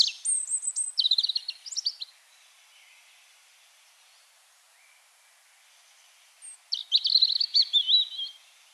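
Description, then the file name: European robin song in two phrases, high thin whistles sliding into twittering trills, with a quiet gap between them. "Erithacus rubecula"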